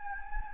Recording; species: mosquito wingbeat signal from an infrared sensor; Anopheles gambiae